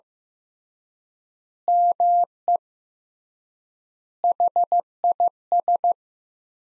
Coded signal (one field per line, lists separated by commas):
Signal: Morse code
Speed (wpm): 16 wpm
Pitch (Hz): 700 Hz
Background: none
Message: ME HIS